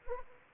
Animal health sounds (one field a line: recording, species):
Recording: mosquito wingbeat signal from an infrared sensor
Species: Anopheles arabiensis